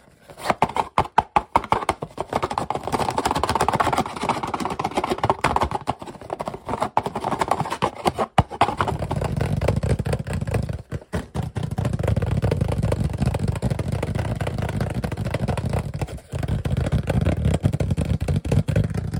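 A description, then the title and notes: Fast, aggressive lo-fi tapping and scratching, busy and choppy with abrupt cutoffs early on, then a denser low rumbling scrape dominating the second half. ASMR Fast And Aggressive Lofi Sounds (Tapping, Scratching,.) No Talking.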